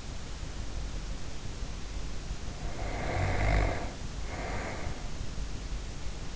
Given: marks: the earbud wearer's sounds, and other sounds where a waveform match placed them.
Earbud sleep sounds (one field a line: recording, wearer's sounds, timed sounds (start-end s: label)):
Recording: sounds in sleep by an in-ear microphone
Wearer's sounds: snoring breath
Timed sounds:
2.49-5.38 s: snoring breath